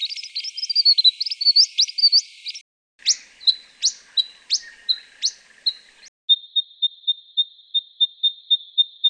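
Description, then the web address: Eastern spinebill calling: squeaky, swooping twitters, then a spaced series of sharp downslurred chips, then a rapid steady string of high piped notes. Garden bird in Canberra. "canberra-garden-birds honeyeaters eastern-spinebill"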